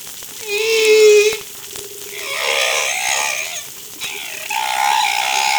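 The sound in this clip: Whale song units: tonal, harmonic moans that waver and sweep, then broader rising and falling cries, over a steady low hum.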